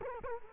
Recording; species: mosquito wingbeat signal from an infrared sensor; Culex quinquefasciatus